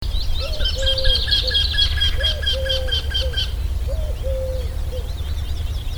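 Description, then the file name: Eurasian wryneck giving a run of rapid nasal repeated notes, while a lower three-part cooing phrase repeats below over a steady low rumble. "Torcicollo"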